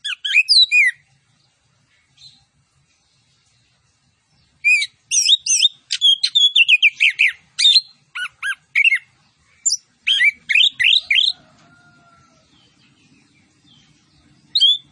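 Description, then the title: Orange-headed thrush song: a short opening phrase, then a long rapid sequence of varied chirps, trills and sweeping whistles, followed by a faint low hum and a final note. Master recording of vigorous (gacor) singing with full fill-in phrases and 'tembakan cililin' style shots. "Anis Kembang Gacor. MASTERAN ANIS KEMBANG ISIAN FULL DENGAN TEMBAKAN CILILIN"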